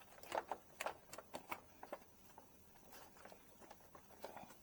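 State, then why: Not seated. A headlight bulb dust cover is being handled against the headlight housing on a Toyota Tundra during an LED headlight upgrade, after the wheel-well shield has gone back in. Several short plastic taps and knocks are heard, the sharpest near 0.8 s. Nothing has seated or clicked into place yet.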